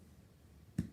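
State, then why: Seated. A hose port is pushed by hand into its socket on the body of an Aeon Vyro One New Version hookah. A single short, sharp snap rises out of a quiet low background hum at 0.8 s. The hose port pops in and seats at that moment.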